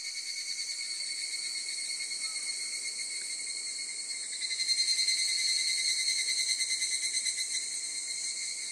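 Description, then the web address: Evening cicada singing a high, rapidly pulsing trill, quieter at first, then surging louder around the middle and slowly fading over the final seconds. Local name kanakana. "insect kanakana"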